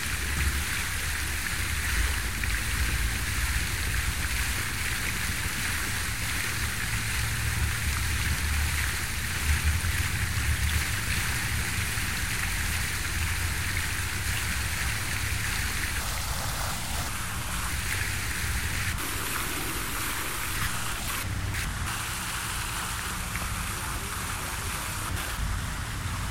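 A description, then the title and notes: A campus fountain splashes steadily, a dense, even rush of falling water with a bright hiss on top and a low rumble underneath. The sound barely changes, apart from a slight shift in the spray around the middle and a few brief dips later. In the center of campus is a fountain surrounded by 120 palm trees. This audio piece uses a series of binaural recordings made at the 12 closest trees that make up the inner circle.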